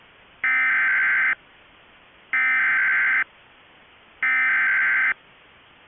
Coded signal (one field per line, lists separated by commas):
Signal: Emergency Alert System (SAME) tones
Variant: header bursts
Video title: EAS Recreation: REAL PDS SVR NWS Topeka